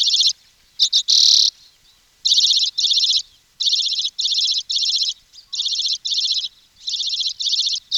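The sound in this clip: Bird singing loud, high buzzy trilled phrases, each under a second long, repeated in quick succession with brief pauses between them.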